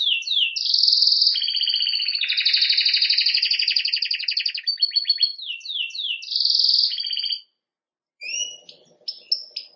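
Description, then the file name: Canary song of sweeping whistles, rolling trills and repeated slurred notes, a short pause, then scattered chirps. "Canary Voice"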